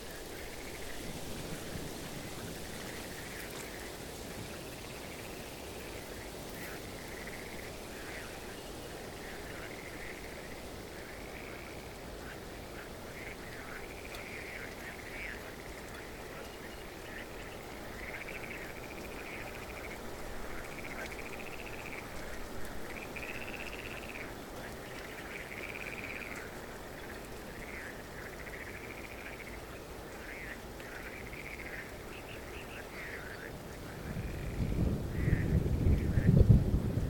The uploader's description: A few brave frogs in the wetland next to the road sing their song into the night.